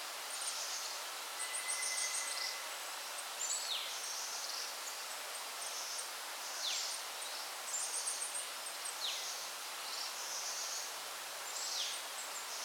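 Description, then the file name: Forest birds calling: sharp whistles sweeping steeply downward, repeated roughly every two to three seconds, mixed with thin high twittering phrases over a steady background hiss. Forest at Alishan. "alishan birds in the forest"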